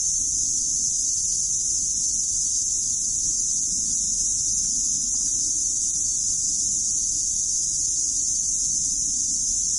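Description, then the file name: Cicada song as one unbroken, sizzling high buzz, level and unchanging throughout, with faint low rumble beneath. "Cikady"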